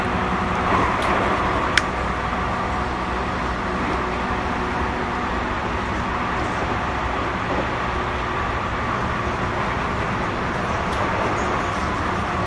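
Inside a JR 221 series train from Nara to JR Namba, a steady low rumble continues throughout, with a brief sharp click near two seconds.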